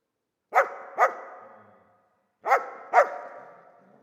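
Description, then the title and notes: Dog barks in two pairs of sharp, loud woofs about two seconds apart, each bark decaying slowly into quiet. Old dog trapped in the pool basin of the decaying Palais El Glaoui courtyard, Fès, Morocco; full sun, circling, rearing on hind legs to bark at visitors; recorded with Zoom F3 and ORTF microphone. "Fès, Fès-Meknès, Maroc - le chien du palais El Glaoui. Dans la cour du palais (en décrépitude avancée), un vieux chien est "prisonnier" dans le bassin/piscine. Il se dresse sur ses pattes arrières pour entrevoir quelques secondes ce qui se passe dans la cour et "invective" les visiteurs de ses aboiements. JF CAVRO"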